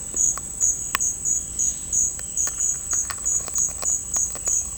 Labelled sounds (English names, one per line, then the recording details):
none
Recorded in dense forest near Puerto Asís, Putumayo, Colombia, on 26 December 2024 at 08:30
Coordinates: 0.481, -76.323
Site G100